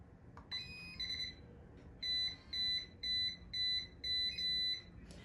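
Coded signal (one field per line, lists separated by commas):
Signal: beep code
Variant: ScanAvenger barcode scanner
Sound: one longer electronic tone, then five short, evenly spaced 2 kHz beeps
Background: quiet room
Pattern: 1 long, 5 short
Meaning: The scanner's battery is empty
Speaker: When you turn the scanner on, it makes this sound.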